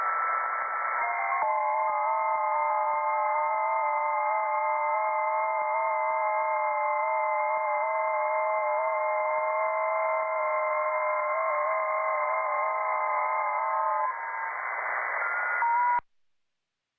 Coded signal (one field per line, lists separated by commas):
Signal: FT8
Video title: Digital Amateur Radio Mode FT8